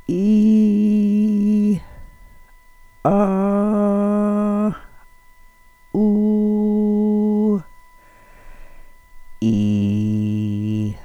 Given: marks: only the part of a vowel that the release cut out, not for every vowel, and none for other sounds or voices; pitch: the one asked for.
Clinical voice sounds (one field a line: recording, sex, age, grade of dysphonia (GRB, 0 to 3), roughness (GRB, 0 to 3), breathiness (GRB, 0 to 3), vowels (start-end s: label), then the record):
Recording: sustained vowels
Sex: female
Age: 40 to 49 years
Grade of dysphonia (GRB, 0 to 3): 2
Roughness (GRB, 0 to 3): 0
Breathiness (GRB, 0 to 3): 2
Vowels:
0.28-1.70 s: vowel /i/, high pitch
3.15-4.64 s: vowel /a/, high pitch
6.01-7.50 s: vowel /u/, high pitch
9.47-10.81 s: vowel /i/, low pitch
From the record:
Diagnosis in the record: Reinke's edema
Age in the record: 45 years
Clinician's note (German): Beidseitig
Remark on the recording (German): Leichtes Piepsen im Hintergrund in der NSP-Datei die ganze Datei hindurch.